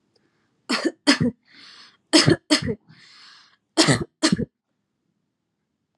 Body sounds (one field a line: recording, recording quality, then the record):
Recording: heavy voluntary cough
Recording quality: excellent, no background noise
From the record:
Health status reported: healthy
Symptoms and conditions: none ticked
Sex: female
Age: 26 years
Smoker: not ticked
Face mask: worn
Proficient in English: yes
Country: India